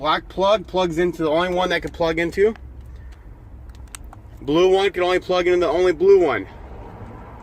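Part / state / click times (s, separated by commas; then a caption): blue wiring plug into remote-start control module / not seated / none. Someone talks while handling a blue plastic wiring plug for a Flash Logic remote-start control module on a 2008–2018 Dodge Caravan. Faint brief ticks are heard around 3.7 to 4.1 seconds during a pause in the talking. The plug is being handled toward the matching blue socket on the module box but has not seated or clicked in yet.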